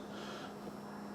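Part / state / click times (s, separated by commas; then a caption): scraper blade onto soft-serve dasher assembly / not seated / none. A scraper blade is being pressed by hand onto the dasher assembly of a SaniServ 624 soft-serve machine, facing up. Only a steady low hum with faint handling noise is heard through the 1.2-second clip. Nothing has seated or clicked yet.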